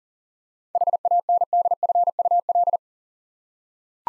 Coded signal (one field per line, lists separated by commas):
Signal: Morse code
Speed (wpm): 40 wpm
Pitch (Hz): 700 Hz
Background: none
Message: HANDFUL